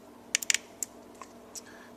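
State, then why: Seated. A plastic SD memory card is pushed with a fingernail the last bit into the card slot of a digital video recording clock. Sharp, bright clicks sound at about 0.4 s and 0.5 s, with a few smaller ticks around them and one more near 0.8 s, against a quiet background. The card clicks and latches in place, fully seated.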